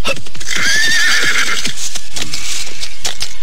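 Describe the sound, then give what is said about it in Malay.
A horse, being left at the gate of the royal city of the Sunda Kingdom, lets out a loud, high whinny that wavers for about a second, while hooves clop in an uneven rhythm beneath it and continue after the call fades. “Aku akan tinggalkan kuda ini agar tidak terlalu menarik perhatian.”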